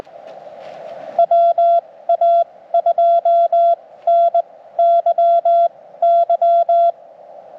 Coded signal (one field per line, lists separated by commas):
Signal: Morse code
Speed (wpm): 20 wpm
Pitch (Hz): 680 Hz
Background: none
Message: WA2NYY